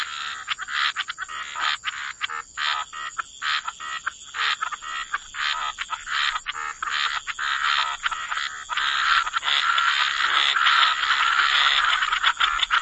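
Frog chorus: many overlapping croaking calls in a dense, irregular mix, with scraping clicks and a steady high hiss throughout.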